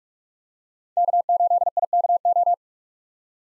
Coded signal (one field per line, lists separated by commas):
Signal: Morse code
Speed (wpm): 42 wpm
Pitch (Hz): 700 Hz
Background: none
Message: K8IKO